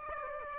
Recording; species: mosquito wingbeat signal from an infrared sensor; Aedes aegypti